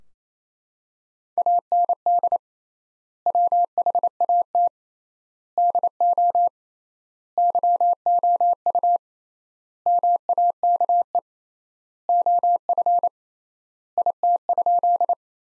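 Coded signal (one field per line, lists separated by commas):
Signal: Morse code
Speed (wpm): 28 wpm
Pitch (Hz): 700 Hz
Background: none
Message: AND WHAT DO YOU MAKE OF IT?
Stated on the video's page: Morse sentence practice at 28 wpm built from the top 100 words, sent with 3x standard word spacing, akin to Farnsworth.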